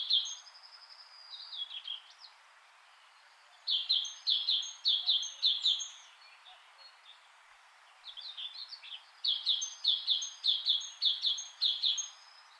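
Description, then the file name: Great tit: runs of several rapidly repeated notes separated by pauses, with faint higher thin notes in the background. "Parus major"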